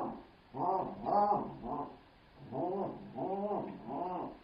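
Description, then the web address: Pallas's cat meows: two bursts of three short harmonic calls each, each call rising then falling in pitch, with brief pauses. "Manul Meow"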